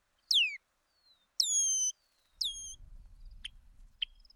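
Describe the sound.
Bird calls: three loud whistled notes, the first sweeping down and the others held level, followed by two sharp clicks over a low rumble.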